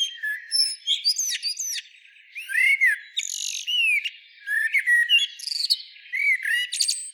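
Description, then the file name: Common blackbird song, repeated slurred fluty notes mixed with sharp, high scratchy twitters in quick succession. "Turdus merula"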